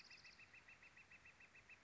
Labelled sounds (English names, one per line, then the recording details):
Northern Flicker
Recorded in Sonoma County, California